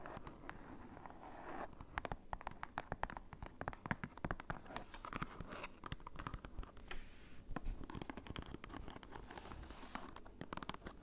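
Cardboard being tapped in quick, irregular patter, dense bursts of crisp knocks with brief pauses, a low dull thud underneath throughout.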